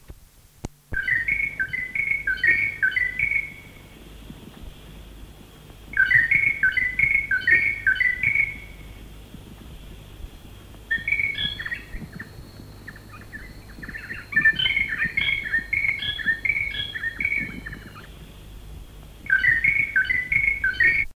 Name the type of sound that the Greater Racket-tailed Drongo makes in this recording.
song